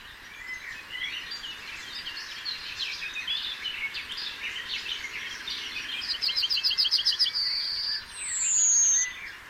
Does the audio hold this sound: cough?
no